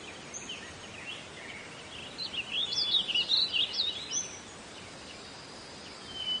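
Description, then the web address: Bird song, a run of quick high warbled and chirping notes rising and falling, over steady background hiss. Birdsong in nature. "Meng Jun Bo. 自然-鸟鸣"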